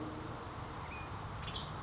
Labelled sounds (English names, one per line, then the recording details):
Western Tanager
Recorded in Sonoma County, California